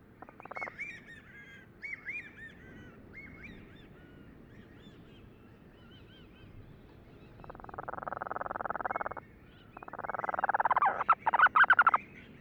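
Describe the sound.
Cape Verde storm petrel giving several short harmonic calls early on, then rough purring churrs in two long bursts late.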